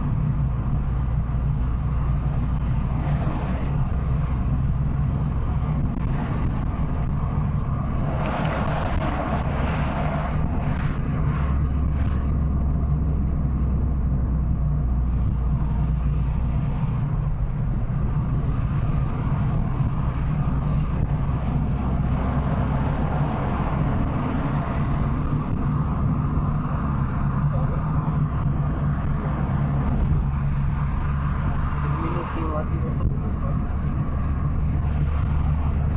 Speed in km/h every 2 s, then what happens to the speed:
68, 72, 76, 78, 80, 80, 75, 67, 67, 68, 72, 76, 77, 78, 78, 79, 82, 85.
0-10 speeds up to 80. 10-14 slows to 67. 17-23 speeds up to 77. 23-31 steady at about 78. 31-36 speeds up to 85.